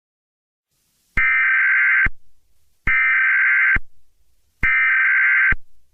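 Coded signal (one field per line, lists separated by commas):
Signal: Emergency Alert System (SAME) tones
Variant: header bursts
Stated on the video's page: Fictional EAS scenario.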